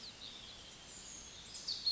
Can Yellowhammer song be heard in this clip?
no